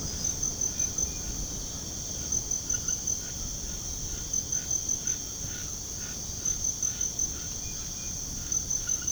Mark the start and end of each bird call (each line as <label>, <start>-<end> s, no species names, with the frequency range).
bird call (1.0-3.7 kHz), 2.83-8.14 s